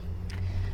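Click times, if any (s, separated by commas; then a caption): 0.3 s. A folded rear split bench seat back in a Graphite Grey 2017 Buick Verano FWD is pulled back up into its upright position over a steady low hum. At 0.3 s its latch gives a short, sharp click as it locks upright, and the seat back is seated in place.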